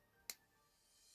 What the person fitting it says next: and there you go like that just clicks in place